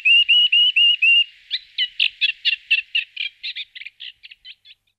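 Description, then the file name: Moustached warbler singing: it opens with five pure whistled notes, then breaks into a rapid, scratchy chattering phrase that slows and fades out. "forapaglie castagnolo"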